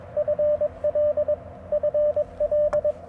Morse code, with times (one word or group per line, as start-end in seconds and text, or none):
0.2-1.3 FL
1.7-2.9 FL